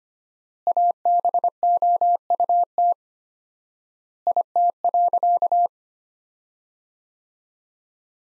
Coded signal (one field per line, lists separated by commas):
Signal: Morse code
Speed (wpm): 25 wpm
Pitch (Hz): 700 Hz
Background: none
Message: ABOUT IT.